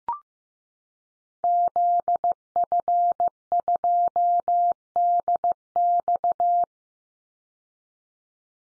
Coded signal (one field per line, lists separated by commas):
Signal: Morse code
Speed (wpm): 15 wpm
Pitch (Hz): 700 Hz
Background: none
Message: ZF2DX